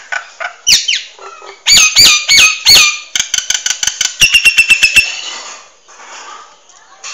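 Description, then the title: Nias hill myna song: loud piercing whistled notes with sliding harmonics, then a fast, even volley of sharp metallic chips fading into quieter rasps. Loud, actively singing bird with a thunderous voice; used as a model for training other songbirds. "Burung Jalak Nias Gacor Suara Super Gledek Untuk Masteran"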